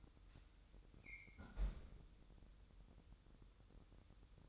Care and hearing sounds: daily activity, microphone in the room; close fridge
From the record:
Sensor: 3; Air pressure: 988.4 hPa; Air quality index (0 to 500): 192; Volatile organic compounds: 276 ppm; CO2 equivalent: 4427 ppm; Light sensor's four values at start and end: 24/75/31/27 and 24/75/31/27

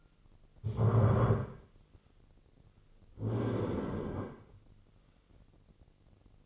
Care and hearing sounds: daily activity, microphone in the room; stand up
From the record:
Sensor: 4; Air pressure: 1010.0 hPa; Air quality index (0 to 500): 186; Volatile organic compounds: 3 ppm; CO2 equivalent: 1343 ppm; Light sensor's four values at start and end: 37/92/38/41 and 37/91/38/40

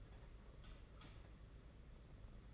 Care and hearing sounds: daily activity, microphone in the room; light off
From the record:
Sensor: 4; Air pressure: 992.7 hPa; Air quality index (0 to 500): 168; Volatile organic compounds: 245 ppm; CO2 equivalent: 4347 ppm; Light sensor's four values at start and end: 5/10/4/4 and 4/8/3/3

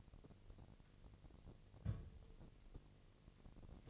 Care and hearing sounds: daily activity, microphone in the room; place on stove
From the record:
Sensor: 4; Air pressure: 1000.2 hPa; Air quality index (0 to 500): 215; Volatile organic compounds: 23 ppm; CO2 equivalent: 2768 ppm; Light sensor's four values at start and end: 9/20/8/7 and 9/20/8/7

